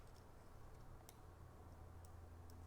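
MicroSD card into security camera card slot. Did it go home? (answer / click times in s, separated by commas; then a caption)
yes / 1.1 s. A microSD card is pushed into the spring-loaded card slot of a LaView R3 indoor 2K security camera until it latches. A small, sharp click is heard at 1.1 s over a low steady hum, with a fainter tick near 2.5 s. The card is seated and secure.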